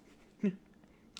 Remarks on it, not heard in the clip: Tourette's syndrome essentially, it will cause involuntary, like. Vocal noises like you just heard. It does spring up when I drink. It does spring up while I'm stressed or when I'm tired.